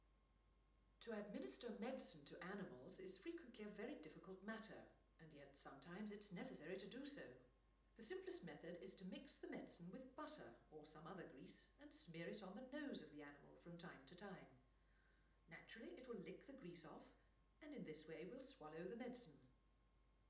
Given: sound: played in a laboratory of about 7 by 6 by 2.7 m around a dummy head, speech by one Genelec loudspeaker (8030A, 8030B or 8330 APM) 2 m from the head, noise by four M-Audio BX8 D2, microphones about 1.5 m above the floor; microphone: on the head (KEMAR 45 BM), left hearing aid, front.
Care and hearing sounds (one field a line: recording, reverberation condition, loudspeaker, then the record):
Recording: female speech in English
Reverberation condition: medium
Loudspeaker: 30 degrees to the left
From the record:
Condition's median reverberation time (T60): about 510 ms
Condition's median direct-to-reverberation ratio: about -0.5 dB